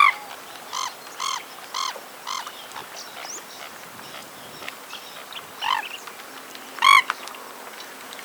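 Jacana calls: a quick series of harsh, ringing harmonic notes early on, then a loud burst near the end, amid fainter scattered chirps.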